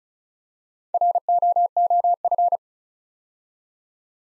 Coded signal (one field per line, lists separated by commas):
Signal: Morse code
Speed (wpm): 36 wpm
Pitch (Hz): 700 Hz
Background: none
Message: ROOF